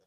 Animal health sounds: pig call; piglet (1 to 25 days)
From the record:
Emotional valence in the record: positive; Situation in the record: reunion after long isolation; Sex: male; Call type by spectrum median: low-frequency call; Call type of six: low-frequency tonal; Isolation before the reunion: 8 minutes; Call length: 0.07 s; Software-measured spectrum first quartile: 476 Hz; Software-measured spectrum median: 1218 Hz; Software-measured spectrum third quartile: 6949 Hz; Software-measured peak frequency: 480 Hz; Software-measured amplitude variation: 76 dB a second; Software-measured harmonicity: 5.4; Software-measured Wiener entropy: -2.32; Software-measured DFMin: 813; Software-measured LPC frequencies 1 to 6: 529, 1487, 3406, 4530, 5367, 5880 Hz

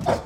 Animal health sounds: pig call; growing-finishing pig (85 days or more)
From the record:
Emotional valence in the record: positive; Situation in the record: run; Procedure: transit

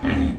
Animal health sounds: pig call; growing-finishing pig (85 days or more)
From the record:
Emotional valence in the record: negative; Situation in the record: barren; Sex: female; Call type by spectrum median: low-frequency call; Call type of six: low-frequency modulated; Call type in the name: low-frequency modulated, not sure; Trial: 1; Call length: 0.39 s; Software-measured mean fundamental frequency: 46 Hz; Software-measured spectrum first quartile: 194 Hz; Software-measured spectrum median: 313 Hz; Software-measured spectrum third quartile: 1089 Hz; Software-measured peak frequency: 265 Hz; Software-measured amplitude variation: 157 dB a second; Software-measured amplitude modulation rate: 29.5 a second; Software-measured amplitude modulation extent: 5.3 dB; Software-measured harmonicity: 2.6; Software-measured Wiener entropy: -1.91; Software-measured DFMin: 687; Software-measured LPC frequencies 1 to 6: 267, 1813, 2392, 2911, 3567, 4224 Hz

